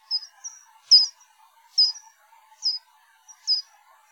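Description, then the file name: Soprano pipistrelle calls: short, high chirps that sweep downward, given in small clusters about once a second, with a faint low hum beneath. "Ppyg"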